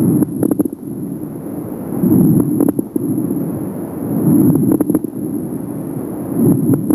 Low-pitched crackles due to the sudden opening of very small airways.